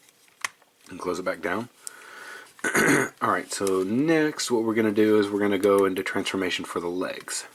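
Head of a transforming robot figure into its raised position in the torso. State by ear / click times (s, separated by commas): seated / 0.5 s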